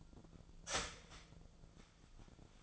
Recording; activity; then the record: daily activity, microphone in the room; start toaster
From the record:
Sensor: 5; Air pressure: 1009.4 hPa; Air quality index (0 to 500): 169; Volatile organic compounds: 4 ppm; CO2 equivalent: 1636 ppm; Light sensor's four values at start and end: 88/235/95/100 and 88/234/95/100